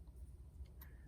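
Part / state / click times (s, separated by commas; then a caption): valve guide into piston valve of brass instrument / seated / 0.8 s. A valve guide is fitted into the piston valve of a brass instrument, oriented toward the 12 o'clock position. Over a low background rumble, a single short, sharp click lands at 0.8 seconds as the guide locks into place.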